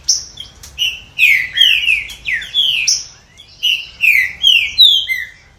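Green-winged saltator singing a loud whistled phrase of sliding, falling notes, then a short pause and a second similar phrase.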